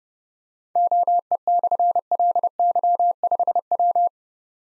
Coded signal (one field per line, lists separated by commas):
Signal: Morse code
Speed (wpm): 30 wpm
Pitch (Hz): 700 Hz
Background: none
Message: OE/LY5W